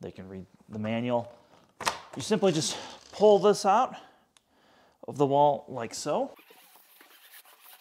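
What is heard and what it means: A retractable central vacuum hose is pulled out of its wall inlet while someone talks, with soft rubbing and handling noises and a brief faint tick around 4.4 s. The hose has not yet reached full extension, so nothing has clicked or locked yet.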